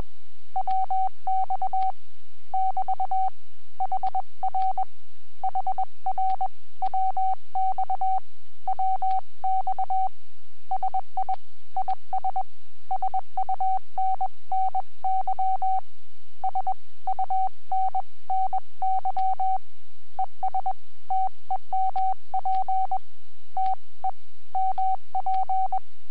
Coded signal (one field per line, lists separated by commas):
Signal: Morse code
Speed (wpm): 22 wpm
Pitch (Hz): 760 Hz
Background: radio noise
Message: WX <BT> HR HR WX WX SI IS SUNNY SUNNY ES TEMP TEMP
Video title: Webcam video from 20 January 2015 at 08:10 (UTC)..G0NXA,,30M CW QSO